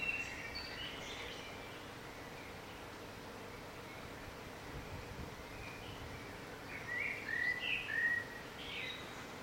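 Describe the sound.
Bird song, a faint twitter at the start, then a clearer burst of sharp chirping notes near the end, against steady background hiss.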